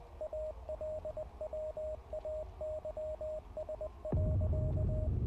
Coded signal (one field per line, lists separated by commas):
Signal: Morse code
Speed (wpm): 20 wpm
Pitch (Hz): 620 Hz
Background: radio noise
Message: ALWAYS.